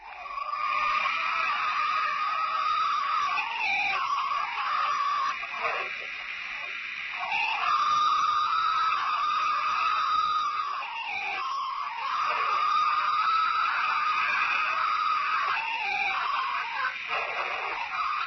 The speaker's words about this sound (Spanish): fue la primera gran grabación de un Bigfoot que se había conseguido en sonido